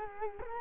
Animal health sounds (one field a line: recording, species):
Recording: mosquito wingbeat signal from an infrared sensor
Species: Culex quinquefasciatus